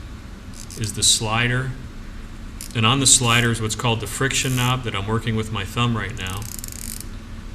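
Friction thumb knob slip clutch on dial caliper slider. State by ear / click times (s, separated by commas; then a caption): torque reached / 6.7 s, 6.8 s, 6.9 s, 7.0 s. A thumb turns the friction knob on the slider of a metal dial caliper, running the jaws closed while someone talks. The knob's slip clutch slips with a rapid series of small clicks at 6.7, 6.8, 6.9 and 7.0 seconds, so the jaws cannot be overdriven.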